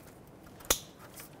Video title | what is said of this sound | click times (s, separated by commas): How to Replace Alternator 2008-2010 Ford F-250 (6.4L Diesel) | We'll put this back, make sure it clicks. | 0.7 s